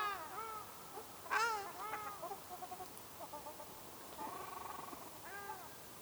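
Ruddy shelduck calls: a few nasal arched honks, then a quieter stuttering series and a drawn-out buzzy call near the end.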